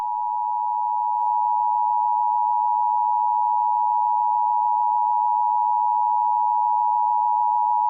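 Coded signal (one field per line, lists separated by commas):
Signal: Emergency Alert System (SAME) tones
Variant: 853 and 960 Hz attention tone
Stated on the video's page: Fictional EAS scenario, not a real alert.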